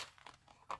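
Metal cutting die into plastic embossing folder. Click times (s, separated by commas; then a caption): 0.7 s. A thin metal cutting die is pressed into its recess inside a plastic die-cut embossing folder, with a few soft crinkling, tapping sounds before a sharp click at 0.7 s. The die clicks in and seats, no longer moving.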